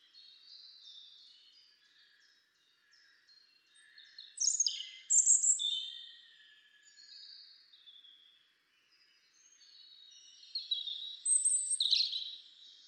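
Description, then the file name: European robin song, soft at first, then louder bursts of high, tinkling warbles and sharp notes in varied phrases, with a quieter pause between them. "Erithacus rubecula"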